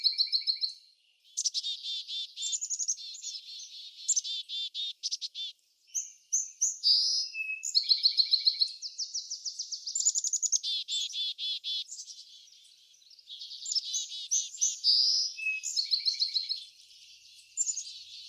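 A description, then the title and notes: Backyard birds sing in a near-continuous stream of bright, high chirps, trills and rapid repeated notes, with only brief pauses around six and twelve seconds. Several voices seem to overlap and alternate, with nothing low or heavy underneath. Backyard Birds - Ambient Nature Bird Sounds.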